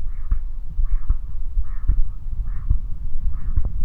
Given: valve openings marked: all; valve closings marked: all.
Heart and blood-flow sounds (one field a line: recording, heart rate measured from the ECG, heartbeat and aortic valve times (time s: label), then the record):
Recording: heart sounds by stethoscope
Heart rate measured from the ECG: 74 bpm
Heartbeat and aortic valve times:
0.01 s: heartbeat (ECG mark)
0.07 s: aortic valve opens (echo mark)
0.32 s: aortic valve closes (echo mark)
0.79 s: heartbeat (ECG mark)
0.85 s: aortic valve opens (echo mark)
1.11 s: aortic valve closes (echo mark)
1.58 s: heartbeat (ECG mark)
1.64 s: aortic valve opens (echo mark)
1.90 s: aortic valve closes (echo mark)
2.40 s: heartbeat (ECG mark)
2.46 s: aortic valve opens (echo mark)
2.72 s: aortic valve closes (echo mark)
3.26 s: heartbeat (ECG mark)
3.33 s: aortic valve opens (echo mark)
3.58 s: aortic valve closes (echo mark)
From the record:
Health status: healthy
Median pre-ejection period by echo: 66 ms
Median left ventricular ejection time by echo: 253 ms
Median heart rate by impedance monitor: 81 bpm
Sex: male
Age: 20 years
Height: 181 cm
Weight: 68 kg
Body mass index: 20.76